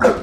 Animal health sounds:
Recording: pig call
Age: growing-finishing pig (85 days or more)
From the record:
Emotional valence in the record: positive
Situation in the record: run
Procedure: transit

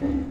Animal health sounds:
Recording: pig call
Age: growing-finishing pig (85 days or more)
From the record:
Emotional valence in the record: negative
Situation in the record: barren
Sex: female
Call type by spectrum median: low-frequency call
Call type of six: low-frequency stable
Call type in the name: low-frequency stable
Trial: 1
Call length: 0.30 s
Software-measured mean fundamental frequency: 56 Hz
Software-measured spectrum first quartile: 179 Hz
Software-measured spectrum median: 270 Hz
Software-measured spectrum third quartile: 342 Hz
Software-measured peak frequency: 285 Hz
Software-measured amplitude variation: 160 dB a second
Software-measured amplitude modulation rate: 22.9 a second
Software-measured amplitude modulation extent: 7.0 dB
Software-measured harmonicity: 5.3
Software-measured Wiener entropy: -0.59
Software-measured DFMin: 1115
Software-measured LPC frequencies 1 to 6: 309, 1879, 3741, 4670, 6257, 6852 Hz

